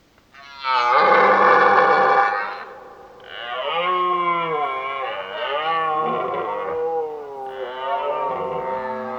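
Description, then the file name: Red deer stag roaring: a loud harsh bellow of about two seconds, followed by a longer, quieter, wavering moaning roar. Old stag roaring during the rut (burlen). "Burlen 03 oud hert"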